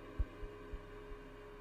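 A pounding heartbeat sound effect representing a woman's racing heart: four deep, low thumps, the first hardest, beating at an uneven pace over a steady low hum.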